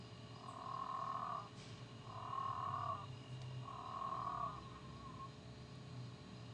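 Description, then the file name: Moreira's dwarf frog calling: three drawn-out, nasal notes, each about a second long, spaced by short pauses, over a low steady hum. "Physalaemus moreirae"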